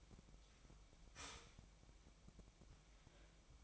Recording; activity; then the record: daily activity, microphone in the room; start toaster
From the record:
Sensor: 1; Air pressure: 1002.0 hPa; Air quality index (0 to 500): 238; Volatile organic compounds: 43 ppm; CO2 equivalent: 3196 ppm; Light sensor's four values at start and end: 10/35/12/14 and 10/35/12/14